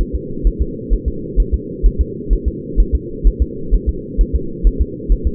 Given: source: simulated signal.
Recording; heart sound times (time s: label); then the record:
fetal heart sounds
0.01 s: S1
0.15 s: S2
0.47 s: S1
0.62 s: S2
0.93 s: S1
1.08 s: S2
1.40 s: S1
1.54 s: S2
1.86 s: S1
2.01 s: S2
2.33 s: S1
2.48 s: S2
2.80 s: S1
2.95 s: S2
3.27 s: S1
3.42 s: S2
3.74 s: S1
3.89 s: S2
4.21 s: S1
4.36 s: S2
4.67 s: S1
4.81 s: S2
5.12 s: S1
5.27 s: S2
From the record:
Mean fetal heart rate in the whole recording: 130 bpm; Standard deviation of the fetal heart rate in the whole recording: 2 bpm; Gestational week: 36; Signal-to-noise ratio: -4.3 dB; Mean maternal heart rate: 72 bpm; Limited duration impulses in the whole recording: absent